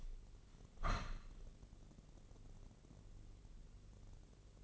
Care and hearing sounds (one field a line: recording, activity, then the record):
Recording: daily activity, microphone in the room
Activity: open window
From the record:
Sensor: 4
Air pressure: 1013.2 hPa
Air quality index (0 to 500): 166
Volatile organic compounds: 2 ppm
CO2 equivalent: 1052 ppm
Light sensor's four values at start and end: 45/110/45/44 and 41/100/41/42